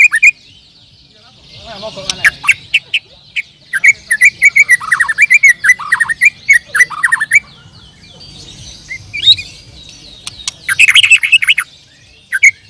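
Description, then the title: Bird chirping in a long, varied string of quick high notes and short downward slurs, with a busier, louder flurry near the end. "Kicau Burung"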